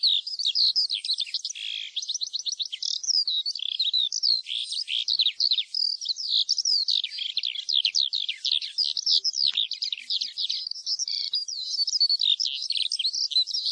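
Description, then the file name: Eurasian skylark pouring out a long, breathless run of high trills, rattles and chirping notes, sustained throughout with no break. "ALLODOLA"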